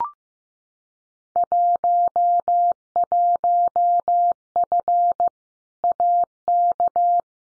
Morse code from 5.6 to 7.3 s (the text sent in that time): AK